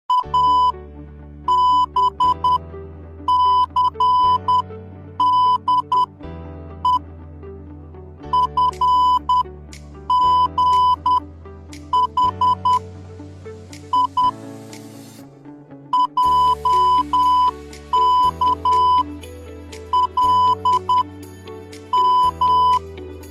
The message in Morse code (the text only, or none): ABCDEFGHIJKLM